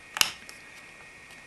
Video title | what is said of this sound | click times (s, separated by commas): Thermaltake MAX 5G External HDD Enclosure Installation | right side is then flipped up locked into place which will lock the hard drive into place | 0.2 s